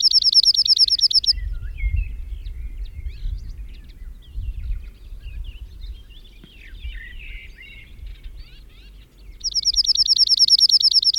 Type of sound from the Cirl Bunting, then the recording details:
song. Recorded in the wild. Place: Lakatnik, Sofia, BG. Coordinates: 43.053, 23.409. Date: 1974-05-17. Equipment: Nagra III BH, Sennheiser MD 21, parabola. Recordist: Schubert, Michael